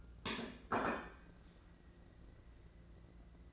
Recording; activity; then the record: daily activity, microphone in the room; place plate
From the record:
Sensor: 2